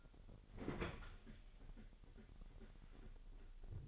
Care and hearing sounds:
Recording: daily activity, microphone in the room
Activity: open fridge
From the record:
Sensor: 4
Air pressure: 989.1 hPa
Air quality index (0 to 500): 223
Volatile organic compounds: 82 ppm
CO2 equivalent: 3622 ppm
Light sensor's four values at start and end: 28/96/35/37 and 27/94/34/37

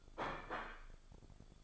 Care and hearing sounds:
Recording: daily activity, microphone in the room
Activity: place plate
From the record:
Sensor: 5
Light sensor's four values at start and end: 17/40/16/15 and 17/40/16/15

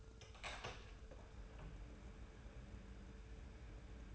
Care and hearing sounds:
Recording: daily activity, microphone in the room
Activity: open door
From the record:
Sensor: 2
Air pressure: 1015.0 hPa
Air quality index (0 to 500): 148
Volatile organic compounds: 6 ppm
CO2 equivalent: 1912 ppm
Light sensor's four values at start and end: 13/35/14/15 and 13/35/14/15

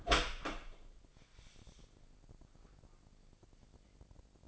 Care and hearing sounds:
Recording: daily activity, microphone in the room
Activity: open door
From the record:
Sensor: 5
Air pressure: 1012.4 hPa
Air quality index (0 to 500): 158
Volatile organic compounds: 2 ppm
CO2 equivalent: 1078 ppm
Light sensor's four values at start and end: 237/575/242/265 and 243/591/249/273

